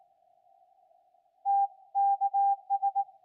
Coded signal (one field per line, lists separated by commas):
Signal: Morse code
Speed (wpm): 19 wpm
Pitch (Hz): 800 Hz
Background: none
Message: TKS